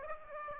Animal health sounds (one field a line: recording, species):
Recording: mosquito wingbeat signal from an infrared sensor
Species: Aedes aegypti